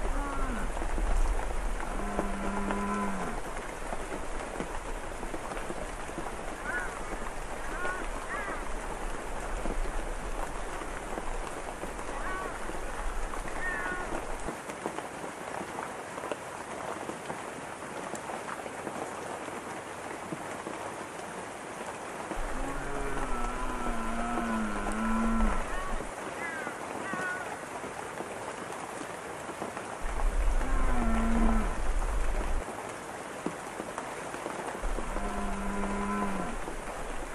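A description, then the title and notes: Steady rain patters throughout while deer call in short nasal bleats now and then, with a low rumble coming and going underneath. Rainy Forest w/ Family of Deer Chatting Nearby.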